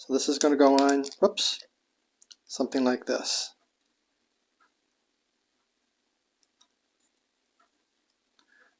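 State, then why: Seated. A plastic kit piece for the 1:12 scale Team Suzuki ECSTAR GSX-RR model by Tamiya is lined up over a hole and an indent on the model engine and pressed on while someone talks. After a few faint ticks, it snaps into place with a small, sharp click at 6.4 seconds, followed by a few quieter light clicks and handling sounds.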